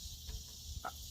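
A 1/4 inch plastic air line is released from a push-to-connect (compression) fitting on a pump/tank: the collet is pressed down and the line is pulled out. A short, sharp click sounds at 0.9 s over a steady hiss and low hum, and the line comes free.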